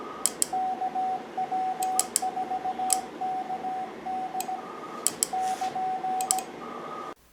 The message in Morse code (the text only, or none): KW4KD <KN>